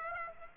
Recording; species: mosquito wingbeat signal from an infrared sensor; Aedes aegypti